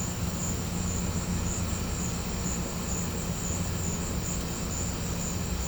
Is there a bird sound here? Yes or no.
no